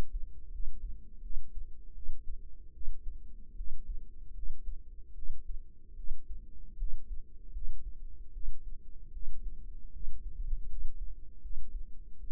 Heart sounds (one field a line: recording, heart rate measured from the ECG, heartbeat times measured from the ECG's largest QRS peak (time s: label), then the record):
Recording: heart sounds by microphone in the right ear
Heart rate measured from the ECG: 77 bpm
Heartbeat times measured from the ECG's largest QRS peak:
0.50 s: heartbeat
1.21 s: heartbeat
1.93 s: heartbeat
2.72 s: heartbeat
3.54 s: heartbeat
4.33 s: heartbeat
5.13 s: heartbeat
5.94 s: heartbeat
6.76 s: heartbeat
7.51 s: heartbeat
8.31 s: heartbeat
9.11 s: heartbeat
9.91 s: heartbeat
10.67 s: heartbeat
11.40 s: heartbeat
12.18 s: heartbeat
From the record:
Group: healthy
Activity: rest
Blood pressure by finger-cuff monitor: 99/65 mmHg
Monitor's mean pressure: 76 mmHg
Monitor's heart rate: 76 bpm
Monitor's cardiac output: 6.1 L/min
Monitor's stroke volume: 80 mL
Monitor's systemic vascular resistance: 880 dyn s/cm5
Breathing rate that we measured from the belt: 18 breaths a minute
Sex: female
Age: 19 years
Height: 163 cm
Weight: 48.9 kg